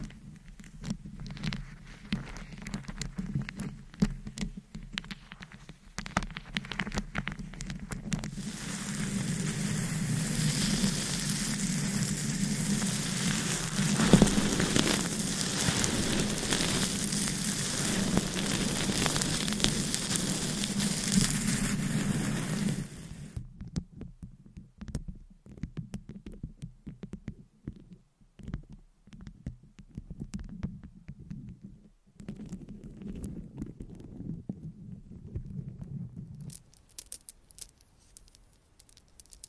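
Long nails scratch against a mic, a dense rustling scrape that swells from about six seconds and grows loudest and brightest between ten and twenty-three seconds. After that it drops to a softer, duller scratching with a low steady hum, fading out near thirty-seven seconds.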